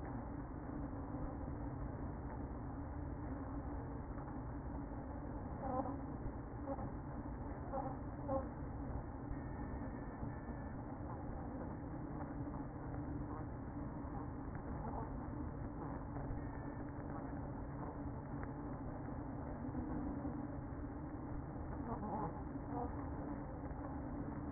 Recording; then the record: honeybee colony, microphone inside the hive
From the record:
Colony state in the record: queen present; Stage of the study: after two queens were removed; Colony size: about 60,000 bees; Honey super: yes